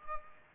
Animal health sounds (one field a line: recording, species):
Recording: mosquito wingbeat signal from an infrared sensor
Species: Culex pipiens